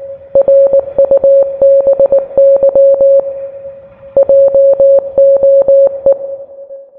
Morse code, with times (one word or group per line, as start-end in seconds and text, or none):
0.4-3.2 RUBY
4.2-6.1 JOE